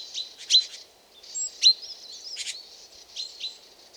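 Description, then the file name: Great tit giving soft scratchy buzzes and a couple of sharp high notes in a short, uneven sequence. "Parus major"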